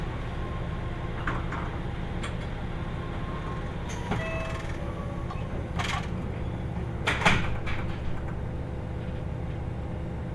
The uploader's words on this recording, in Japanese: 耳で楽しむ鉄道旅 豊肥本線九州横断特急3号 豊後竹田→三重町。豊後竹田を出ると豊後大野市のある三重町へ向けて進んでいきます。